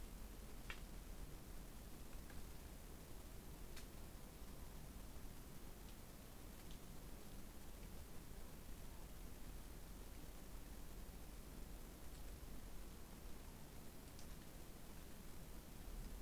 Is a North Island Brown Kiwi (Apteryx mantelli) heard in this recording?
no